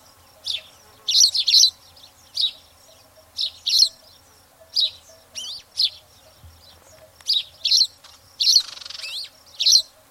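Spanish sparrow chirps, quick bright notes, some in pairs and threes, with a brief soft rustle near the end.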